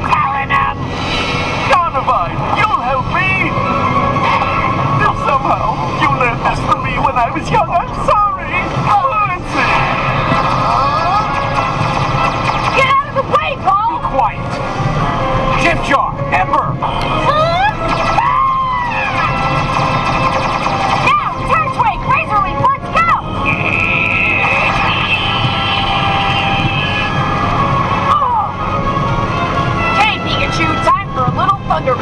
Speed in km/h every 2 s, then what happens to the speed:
102, 106, 109, 110, 110, 110, 110, 110, 110, 109, 108, 108, 107, 107, 106, 105.
0-6 speeds up to 110. 6-32 steady at about 109.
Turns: none.